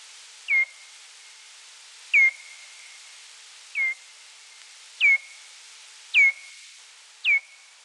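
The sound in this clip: Pipistrelle bat echolocation calls, each a steep downward sweep that levels into a short flat tail, spaced a second or more apart, over faint hiss.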